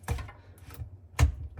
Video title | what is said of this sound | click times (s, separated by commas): Dishwasher Soap Not Dissolving! Top three reasons dishwasher is not cleaning working correctly. ￼ | so it kind of clicks into place down there you can check it out make sure it spins freely now | 1.2 s